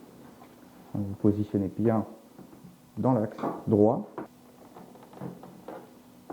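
A motor block for an Urban 2 is positioned straight on its axis, with its side tabs aligned to its housing, before being squeezed home. Someone talks, then only light handling knocks are heard from about 4.8 to 6.3 s. Nothing has clipped into place yet.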